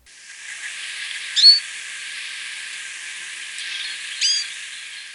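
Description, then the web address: Hooded siskin calls: two short, thin, high notes over a steady background hiss. Recorded in Ecuador. "Birds of Ecuador. Hooded Siskin"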